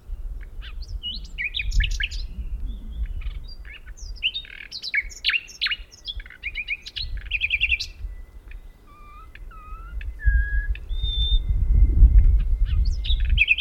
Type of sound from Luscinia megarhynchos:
song